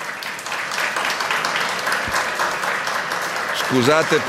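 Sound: audience applause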